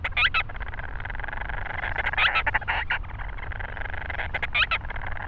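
Grant's storm petrel, squeaky, rasping call bursts, some with sharp squeals, over a low steady rumble.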